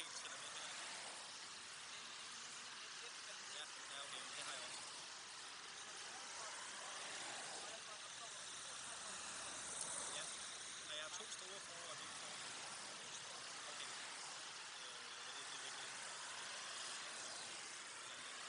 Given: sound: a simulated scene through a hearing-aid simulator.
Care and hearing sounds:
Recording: conversation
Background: traffic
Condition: -6 dB SNR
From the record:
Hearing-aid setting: anchor resembling a broken hearing aid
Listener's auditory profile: B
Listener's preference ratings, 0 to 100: 5, 9, 3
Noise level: 75 dB SPL

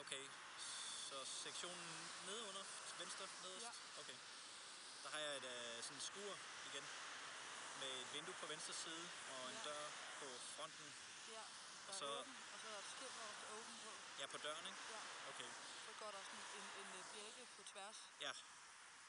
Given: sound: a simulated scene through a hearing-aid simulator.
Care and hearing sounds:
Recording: conversation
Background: traffic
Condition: +4 dB SNR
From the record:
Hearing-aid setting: II (fast-acting compression, audibility-based gain, advanced features for about 2.5 dB of SNR improvement)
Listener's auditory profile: C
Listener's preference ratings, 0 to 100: 30, 33, 22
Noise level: 75 dB SPL

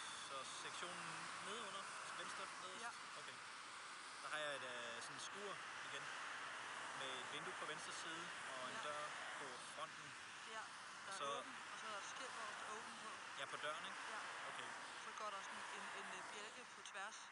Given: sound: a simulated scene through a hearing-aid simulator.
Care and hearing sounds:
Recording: conversation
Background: traffic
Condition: 0 dB SNR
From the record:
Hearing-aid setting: I (fast-acting compression, audibility-based gain)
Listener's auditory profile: D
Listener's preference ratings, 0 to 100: 70, 59, 45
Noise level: 75 dB SPL

